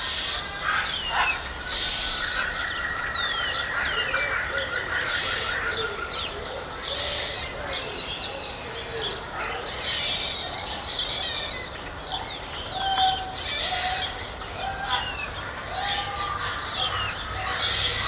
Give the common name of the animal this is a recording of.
Cottontop Tamarin